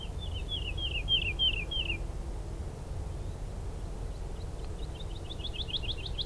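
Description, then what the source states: Woodlark song in two phrases: a series of falling slurred notes, a pause, then a quickening string of repeated notes that grows louder, over low background rumble. Recorded 16 March 2023 on a lower path.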